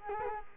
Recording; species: mosquito wingbeat signal from an infrared sensor; Culex quinquefasciatus